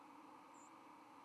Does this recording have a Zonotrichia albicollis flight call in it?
yes